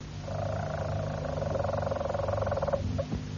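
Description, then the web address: Harz Roller canary song: a low, steady rolling trill with a pulsed texture, held for about two and a half seconds before a short break, over a constant low hum. "canarios cantoharz"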